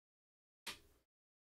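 A server component, likely a memory module, is reseated into a motherboard slot because it went in earlier without a satisfying click. After silence, a single sharp click sounds at 0.7 s and its broadband decay fades by about 1.05 s. The part is seated home.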